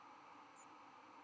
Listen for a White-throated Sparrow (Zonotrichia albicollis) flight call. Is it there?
no